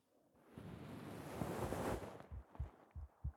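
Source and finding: Heart via binaural microphone on chest. Normal heart sounds.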